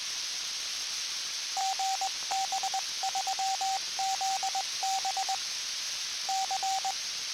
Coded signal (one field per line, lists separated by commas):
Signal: Morse code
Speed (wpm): 20 wpm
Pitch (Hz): 770 Hz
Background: radio noise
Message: GB3ZB C